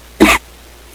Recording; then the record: coughing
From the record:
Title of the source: 61 morning phlegmy cough...again